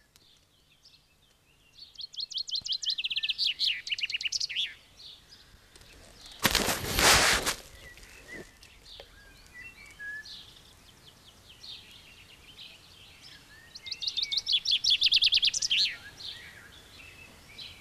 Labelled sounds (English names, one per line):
Common Chaffinch song